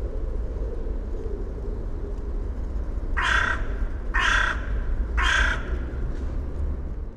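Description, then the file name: Carrion crow giving three hoarse caws, evenly spaced about one second apart, after a few quiet seconds of low background rumble. "Corvus corone"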